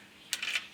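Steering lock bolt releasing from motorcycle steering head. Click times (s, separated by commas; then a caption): 0.3 s. The key is turned on a 2023 Ravi Humsafar 70 cc motorcycle to unlock the steering (handle) lock, releasing the lock bolt from the steering head. A sharp click sounds at 0.3 s, followed by a brighter ringing, rattling tail that fades by about 0.6 s. The steering lock is released and the handle is unlocked.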